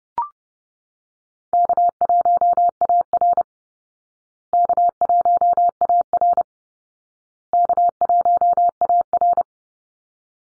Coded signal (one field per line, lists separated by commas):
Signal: Morse code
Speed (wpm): 28 wpm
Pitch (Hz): 700 Hz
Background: none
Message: K1AR K1AR K1AR